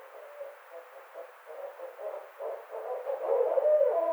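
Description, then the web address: Barred owl giving a fast run of short low hoots, growing louder toward the end. Recorded 29 May 2009. "Barred Owl 2009 05 29 Barred Owl"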